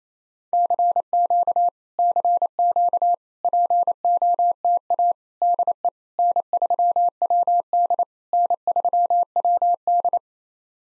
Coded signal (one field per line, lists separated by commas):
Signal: Morse code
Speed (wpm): 28 wpm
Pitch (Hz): 700 Hz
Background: none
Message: CQ CQ POTA DE N3WD N3WD